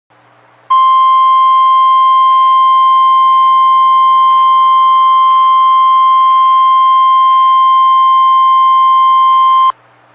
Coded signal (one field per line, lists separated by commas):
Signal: Emergency Alert System (SAME) tones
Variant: 1050 Hz attention tone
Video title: Required weekly test Mountain Time Zone (Lander, Wyoming) EAS #116